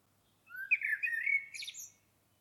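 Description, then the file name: Common blackbird song phrase: a rising mellow whistle, rich fluty warbling, then a thin high twittering flourish at the end. "Turdus merula"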